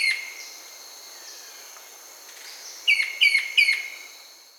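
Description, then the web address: Striped woodhaunter calls, a few high sharp notes early then three loud downslurred chips near the end, over a steady high insect hum. Recorded in Peru, Amazon region. "Natures Songs S America Birds of the Amazon 2. Striped Woodhaunter (Hyloctistes subulatus), Peru"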